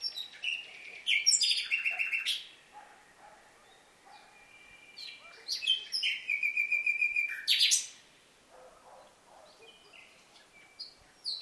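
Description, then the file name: Common nightingale song: rich phrases of rapid repeated notes, buzzy trills and sharp whistles, separated by quieter gaps of a few seconds. "Luscinia megarhynchos"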